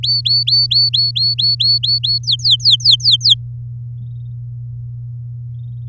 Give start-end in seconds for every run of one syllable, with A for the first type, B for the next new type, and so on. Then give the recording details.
0.03-2.19 A, 2.23-3.34 B. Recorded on 10 May 2018 at 17:30. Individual llb16